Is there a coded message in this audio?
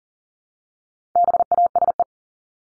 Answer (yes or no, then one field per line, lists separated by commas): yes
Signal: Morse code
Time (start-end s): 1.2-2.0 s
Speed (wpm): 40 wpm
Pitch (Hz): 700 Hz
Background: none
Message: BASE